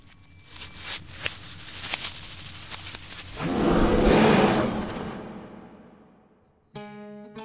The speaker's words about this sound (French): Il lança un hurlement si puissant que la terre trembla et la tête lui tourna.